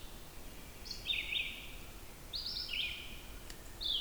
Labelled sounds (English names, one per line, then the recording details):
Red-eyed Vireo song
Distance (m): 55 m
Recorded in boreal forest in Alberta, Canada, on 14 June 2016 at 06:28
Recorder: SongMeter 3, array SBT-3-33
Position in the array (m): 153 m, 177 m